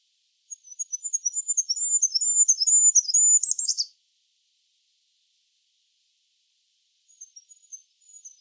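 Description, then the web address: Bird song: a very high, thin run of rapid twittering notes lasting about three seconds, ending in a brief buzzy flourish, then silence and a faint new phrase beginning. "cianscape. Deverinetal 2025. Bird Only"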